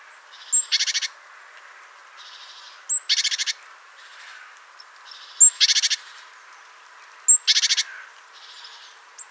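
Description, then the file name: Great tit calls: a thin high note followed by a short harsh, buzzy rattle, repeated four times at intervals of about two seconds, with softer chatter between. "Parus major"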